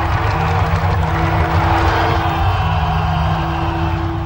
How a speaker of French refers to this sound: Cinquante ans après l'événement historique, le jour de la première, ce sont les applaudissements des spectateurs qui concluent la soirée.